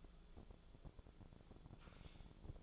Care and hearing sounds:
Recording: daily activity, microphone in the room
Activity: typing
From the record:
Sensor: 5

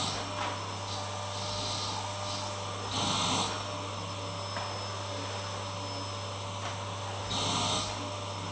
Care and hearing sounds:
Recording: daily activity, microphone in the room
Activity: vacuum cleaning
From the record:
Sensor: 1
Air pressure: 1007.7 hPa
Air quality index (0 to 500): 78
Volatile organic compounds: 1 ppm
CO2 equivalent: 677 ppm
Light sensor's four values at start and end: 8/20/8/8 and 8/20/8/9

